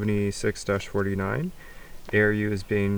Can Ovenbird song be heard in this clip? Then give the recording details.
no. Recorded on 20 June 2016 at 12:27. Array SBT-6-76